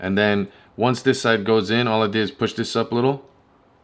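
A phone in a protective case is being fitted into a ProClip USA plastic phone holder clip mounted on the dash of a 2010-2015 Camaro, with one side of the phone already in the holder and the other side being pushed up against the flexing clip. Someone talks throughout, and no mechanical sounds are heard. Nothing has seated or clicked yet.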